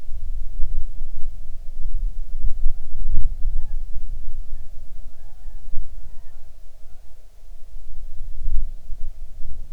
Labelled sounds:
bird
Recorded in the Arctic National Wildlife Refuge, Alaska, on 6 July 2019 at 01:05
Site 39

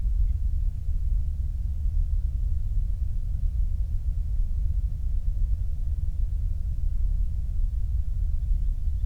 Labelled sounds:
flare stack
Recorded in the Prudhoe Bay oil fields, Alaska, on 8 July 2019 at 06:09
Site 25

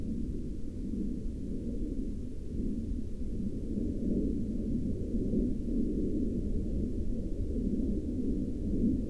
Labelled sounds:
aircraft
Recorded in the Prudhoe Bay oil fields, Alaska, on 17 May 2021 at 01:06
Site 24

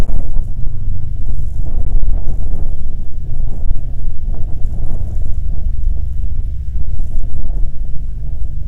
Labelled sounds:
wind
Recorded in the Prudhoe Bay oil fields, Alaska, on 21 June 2019 at 10:58
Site 22

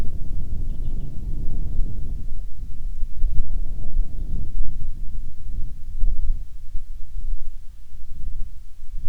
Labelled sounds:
bird
wind
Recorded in the Prudhoe Bay oil fields, Alaska, on 10 July 2019 at 14:26
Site 14

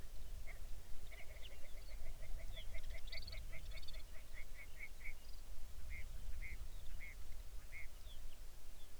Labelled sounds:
songbird
grouse or ptarmigan
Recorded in the Arctic National Wildlife Refuge, Alaska, on 23 May 2019 at 05:00
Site 49

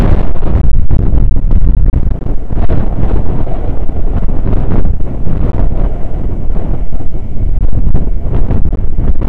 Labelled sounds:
wind
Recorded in the Prudhoe Bay oil fields, Alaska, on 9 August 2019 at 00:00
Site 29

